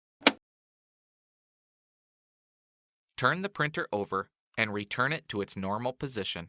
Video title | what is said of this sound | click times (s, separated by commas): Fixing Paper Pick-Up Issues - HP Deskjet 3050 All-in-One Printer - HP | Close the cleanout door and gently push the door forward until in snaps into place. | 0.3 s